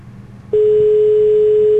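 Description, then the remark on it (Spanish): A telephone busy signal: after a brief stretch of low background hum, a loud, steady mid-pitched tone starts abruptly and holds without a break until the end. “Este hombre está muy ocupado.”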